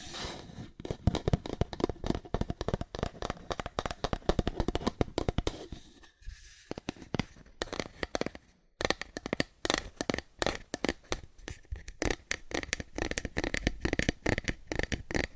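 Fast, aggressive tapping on cardboard, a dense run of sharp, dry knocks with hard attacks and a hollow low thump underneath. The rhythm stays rapid and uneven, briefly thinning around six seconds and pausing near nine before resuming just as busily.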